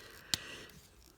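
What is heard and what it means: A plastic heel piece on the second side of a Maximal Tigatron transforming toy figure is pushed into the figure's back panel. A single sharp click sounds at 0.3 s, followed by quiet, faint handling noise. The heel piece seats into the back.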